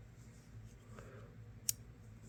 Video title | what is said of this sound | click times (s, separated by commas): ONE HUNDRED YEAR OLD KNIFE TRANSFORMED! | and it snapped shut it snapped shut | 1.7 s